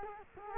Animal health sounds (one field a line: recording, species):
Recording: mosquito wingbeat signal from an infrared sensor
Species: Culex quinquefasciatus